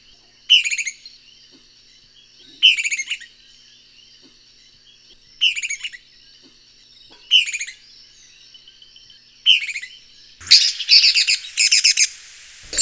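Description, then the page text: Loggerhead kingbird calls: loud bubbly chattering bursts repeated about every two seconds, five in all, then a longer rapid stuttering series at the end. Loud, bubbly "pi ti tity" call. "Loggerhead Kingbird. Audio 6 (M. Oberle)"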